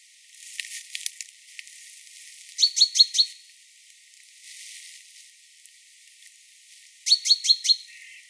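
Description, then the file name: Great tit calls: a soft scratchy run of notes, then two loud bursts of four sharp ringing notes several seconds apart, with light background rustle. "Parus major"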